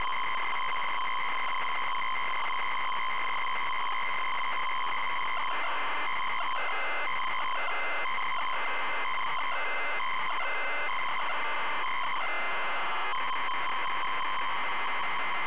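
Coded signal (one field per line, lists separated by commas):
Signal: ZX Spectrum tape loading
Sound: continuous harsh buzzing screech with harmonics, steady loudness throughout, slight texture changes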